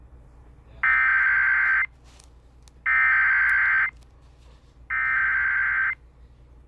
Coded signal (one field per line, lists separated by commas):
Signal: Emergency Alert System (SAME) tones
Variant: header bursts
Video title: eas FFW Eas#269